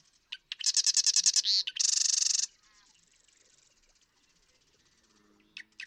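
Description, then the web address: Marsh Wren singing two rapid, buzzy rattles back to back after a couple of clicking notes; a softer dry trill trails off afterward. "birdsongforthecurious Marsh Wren"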